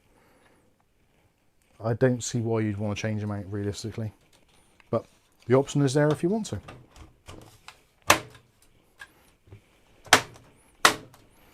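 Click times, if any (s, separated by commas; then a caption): 10.1 s, 10.9 s. Someone talks, then refits a removable part, apparently a fan bracket or panel, into a Lian Li Vector V150 Infinity micro-ATX PC case and pushes it home after showing its pre-installed fans. A few softer knocks come first, around 8.1 s, then two loud, sharp snaps at 10.1 s and 10.9 s as the part seats back into place.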